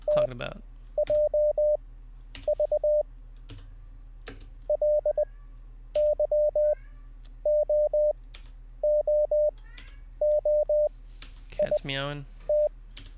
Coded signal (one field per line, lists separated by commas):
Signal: Morse code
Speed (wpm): 20 wpm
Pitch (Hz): 600 Hz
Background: speech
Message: TJV LYOOOIT